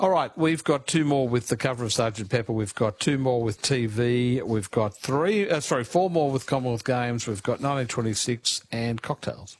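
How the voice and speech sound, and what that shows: A man speaks clearly and fluently at a brisk, even pace, listing quiz categories with short natural pauses between phrases. Voice quality is clear with normal pitch variation, and articulation is precise. This is typical adult speech with no sign of a voice or speech disorder.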